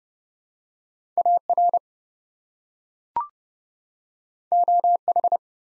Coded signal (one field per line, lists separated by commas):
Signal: Morse code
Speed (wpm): 30 wpm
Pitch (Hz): 700 Hz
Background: none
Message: AR OH